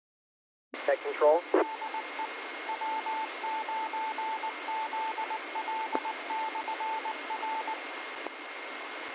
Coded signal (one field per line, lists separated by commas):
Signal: Morse code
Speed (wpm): 19 wpm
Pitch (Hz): 880 Hz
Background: speech, radio noise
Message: ID E W9ZL/R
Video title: FOX CITIES AMATEUR RADIO, WEEKLY NET, WEDNESDAY, 2024 01 03 19 59 57